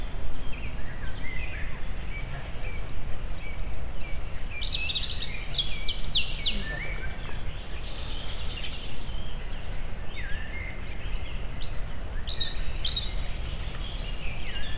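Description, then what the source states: Insects giving a steady high buzz with a rapidly pulsing upper trill throughout, birds chirping and whistling over it, and a constant low rumble underneath. Insects recorded in nature at very close range at the Eger tourist house.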